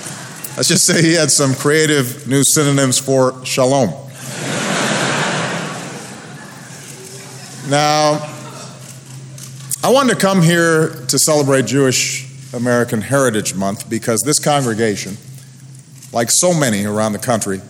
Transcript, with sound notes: Let's just say he had some creative new synonyms for ''Shalom.'' (Laughter.)
Now, I wanted to come here to celebrate Jewish American Heritage Month because this congregation, like so many around the country,